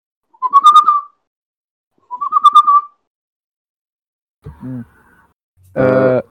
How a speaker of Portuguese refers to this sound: Eu tô lá no arbusto. Eu dou um assobio.